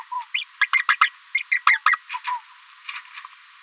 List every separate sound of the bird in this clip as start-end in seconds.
0.34-0.44, 0.61-0.66, 0.73-0.79, 0.89-0.96, 1.01-1.08, 1.34-1.43, 1.51-1.59, 1.67-1.77, 1.86-1.96